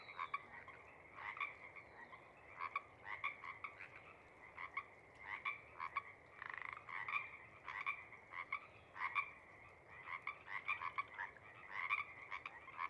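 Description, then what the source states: Pacific Chorus Frogs giving short ribbits repeated irregularly, several frogs calling. First frogs of a pod calling tentatively around sunset after coming up from overnight burrows; recorded night of April 21–22, 2019, Sinlahekin Valley.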